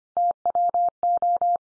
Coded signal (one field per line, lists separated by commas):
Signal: Morse code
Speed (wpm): 25 wpm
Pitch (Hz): 700 Hz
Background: none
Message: TWO